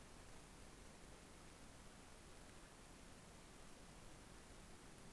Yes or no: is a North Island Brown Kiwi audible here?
no